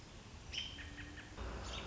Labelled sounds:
American Robin
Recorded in Sonoma County, California

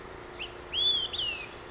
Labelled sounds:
Olive-sided Flycatcher
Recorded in Sonoma County, California

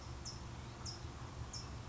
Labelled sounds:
California Towhee
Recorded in Sonoma County, California

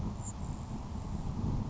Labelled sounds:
Grasshopper Sparrow
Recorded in Sonoma County, California

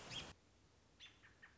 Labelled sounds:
American Robin
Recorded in Sonoma County, California

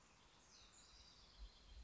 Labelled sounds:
House Wren
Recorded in Sonoma County, California

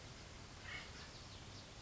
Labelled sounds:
Acorn Woodpecker
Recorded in Sonoma County, California

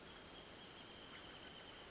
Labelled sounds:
Wrentit
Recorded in Sonoma County, California

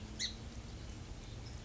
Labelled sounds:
Song Sparrow
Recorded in Sonoma County, California

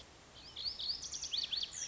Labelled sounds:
Lazuli Bunting
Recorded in Sonoma County, California

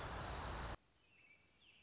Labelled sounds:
American Robin
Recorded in Sonoma County, California

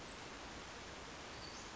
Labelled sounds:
Western Flycatcher
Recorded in Sonoma County, California

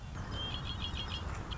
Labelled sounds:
Red-winged Blackbird
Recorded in Sonoma County, California

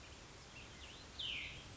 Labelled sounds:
Cassin's Vireo
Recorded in Sonoma County, California

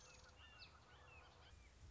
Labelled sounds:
Red-shouldered Hawk
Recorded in Sonoma County, California

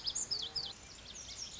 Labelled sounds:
Lazuli Bunting
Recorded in Sonoma County, California

